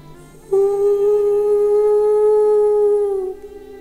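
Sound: wolf howling long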